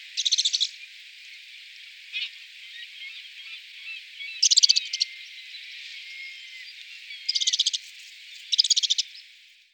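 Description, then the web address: Eurasian rock pipit: several short buzzy trilled bursts at irregular spacing, with faint thin notes between them over a soft hiss. "hdykstra oeverpieper"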